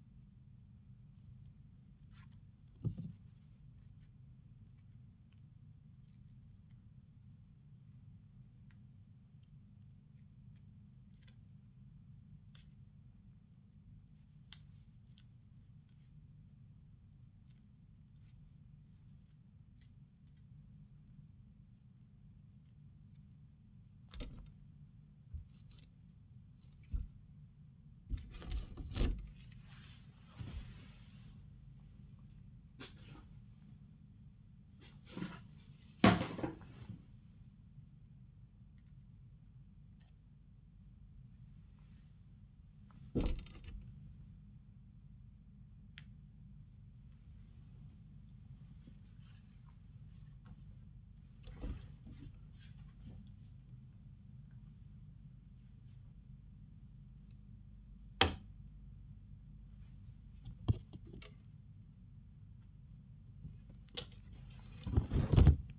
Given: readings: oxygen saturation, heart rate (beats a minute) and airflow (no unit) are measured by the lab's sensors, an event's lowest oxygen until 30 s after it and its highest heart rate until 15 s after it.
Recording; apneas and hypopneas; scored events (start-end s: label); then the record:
a person awake in a sleep study, by a smartphone at the bedside; none
0.00-65.79 s: awake
From the record:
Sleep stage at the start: awake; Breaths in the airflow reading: 26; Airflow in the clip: -0.7 to 0.7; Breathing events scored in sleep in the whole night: 270 in 6.1 hours asleep